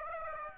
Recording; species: mosquito wingbeat signal from an infrared sensor; Aedes aegypti